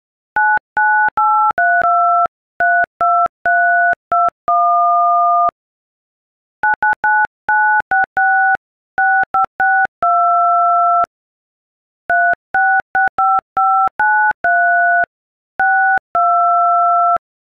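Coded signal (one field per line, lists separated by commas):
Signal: DTMF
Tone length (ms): 280 ms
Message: 9983232321 999966 6562 3665593 62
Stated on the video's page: DTMF tones from an iPhone keypad playing an Adele song.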